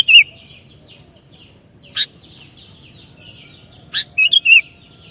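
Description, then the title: Sooty-headed bulbul song: loud, liquid whistled notes at the start and a burst of three fluting notes near the end, with two sharp clicks and a soft chirping chorus behind. "kutilang"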